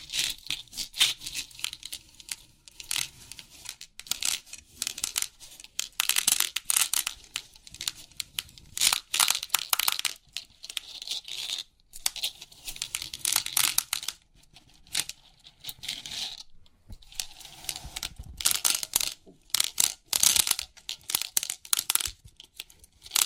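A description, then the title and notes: Crisp 3D pin art tingles: dense, bright clicking and rattling of many pins in rapid bursts, with brief pauses around 12 and 16 seconds. Crisp 3D Pin Art Tingles(No Talking).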